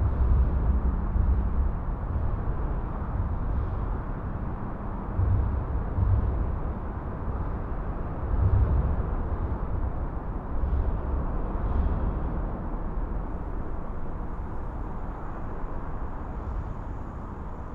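Under the M4 Severn Bridge, a constant dense roar of traffic rumbles low, with heavier thumps and swells around 1, 5–6, and 8–9 seconds.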